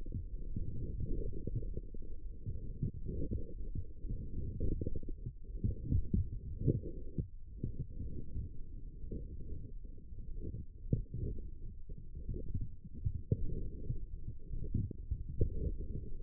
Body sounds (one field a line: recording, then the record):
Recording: forearm muscle sounds (acoustic myography)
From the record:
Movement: forearm supination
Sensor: system 1, eight BSWA MPA416 microphones around the upper forearm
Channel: 7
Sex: male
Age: 18 years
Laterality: right